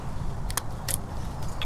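A steel snap ring (C-clip) is worked onto the end of the front axle shaft of a first-generation Toyota 4Runner's solid front axle, heard as sharp metallic ticks and scrapes at about 0.6 s and 0.9 s over a low rumbling background. The ring is still only being handled and nothing has seated or clicked into the shaft groove yet.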